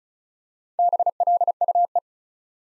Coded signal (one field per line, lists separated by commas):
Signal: Morse code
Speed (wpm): 36 wpm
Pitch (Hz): 700 Hz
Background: none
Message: BLUE